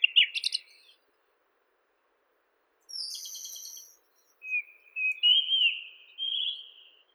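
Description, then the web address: White-throated rock thrush song: a few clear whistled notes near the start, a pause, a brief high buzzy phrase, then mellow fluted whistles wavering and sliding. "Monticola gularis song. birds of the ussr"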